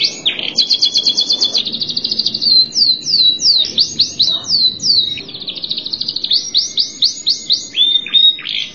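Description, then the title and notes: Canary singing steadily: fast rolling trills, downward-sweeping whistles and chirpy repeated phrases in a long unbroken bright sequence. "Suara Burung Kenari"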